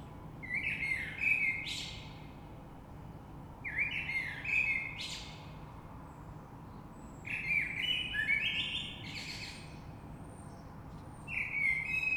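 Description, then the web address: Common blackbird song: four warbled, flute-like phrases about every three to four seconds, each closing with thin high chatter. Recorded 3 March 2020. "oiseaux Rush Merle 3-3-2020"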